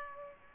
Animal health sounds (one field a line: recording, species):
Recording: mosquito wingbeat signal from an infrared sensor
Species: Aedes aegypti